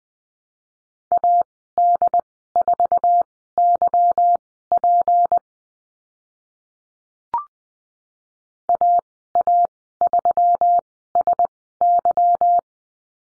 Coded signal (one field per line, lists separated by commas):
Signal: Morse code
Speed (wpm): 20 wpm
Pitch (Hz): 700 Hz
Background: none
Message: AD4YP AA3SY